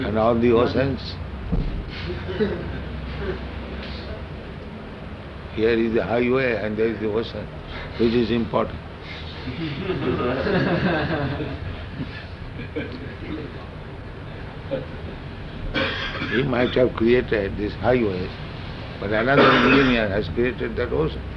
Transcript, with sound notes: And all the oceans? Here is the highway, and there is the ocean. Which is important? [laughter] You might have created these highways, but another engineer has created that ocean,